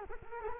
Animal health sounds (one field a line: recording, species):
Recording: mosquito wingbeat signal from an infrared sensor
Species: Culex quinquefasciatus